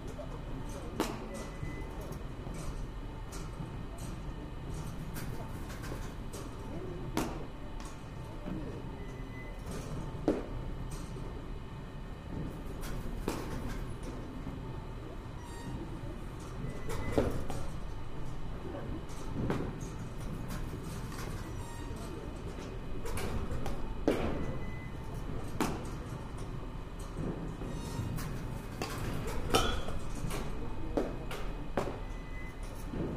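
Sounds from a batting cage: a steady low mechanical rumble runs throughout, with sharp cracks and thumps breaking through every few seconds at irregular intervals. Faint voices and clattering fill the background, and the hits cluster more densely toward the end.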